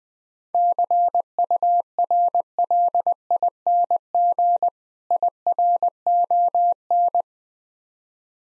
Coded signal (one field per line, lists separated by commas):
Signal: Morse code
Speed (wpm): 20 wpm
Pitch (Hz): 700 Hz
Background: none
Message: CURLING IRON